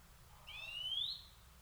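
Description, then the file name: European greenfinch producing one long nasal wheeze that climbs steadily in pitch, lasting under a second, against faint background noise. "Chloris chloris"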